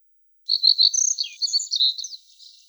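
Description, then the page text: Pine bunting song: a two-second run of thin, high, jumbled chirps and short trills, fading softly at the end. "Звук Белошапочная овсянка поет трели"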